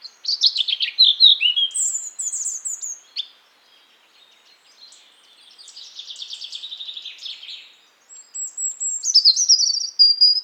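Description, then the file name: European robin song: falling liquid notes and a high whistled trill, a softer rippling phrase, then bright piercing high notes. "Erithacus rubecula"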